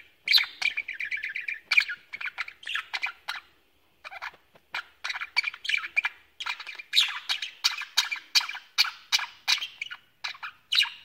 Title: Budgie Sounds